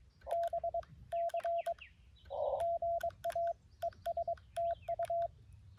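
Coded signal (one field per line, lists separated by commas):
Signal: Morse code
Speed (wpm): 22 wpm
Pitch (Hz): 680 Hz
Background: none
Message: BC GA ES TU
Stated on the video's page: Morse code POTA activation from a wildlife management area, calling CQ on a Xiegu G90 with an end-fed 40-10m antenna.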